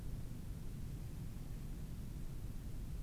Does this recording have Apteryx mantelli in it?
no